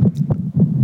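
Soft, muffled low thumps recur under a steady low hum in this brief fragment, too short to judge the rate. It is an adult man's heartbeat picked up on a cell phone, with no clear murmur or extra sounds standing out; he has a history of quadruple bypass heart surgery, a stroke and brain surgery.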